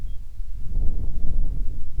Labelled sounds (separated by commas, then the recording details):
wind
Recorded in the Prudhoe Bay oil fields, Alaska, on 10 July 2019 at 09:20
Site 11